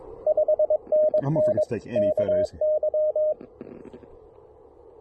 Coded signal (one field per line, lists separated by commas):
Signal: Morse code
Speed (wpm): 20 wpm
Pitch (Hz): 590 Hz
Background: speech, radio noise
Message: 5NN KY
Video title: Fall Leaf Colors: A flashback to October 2023 and some Elecraft KX1 & MC-750 Lakeside QRP POTA!